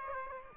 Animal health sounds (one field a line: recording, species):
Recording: mosquito wingbeat signal from an infrared sensor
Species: Aedes aegypti